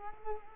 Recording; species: mosquito wingbeat signal from an infrared sensor; Culex quinquefasciatus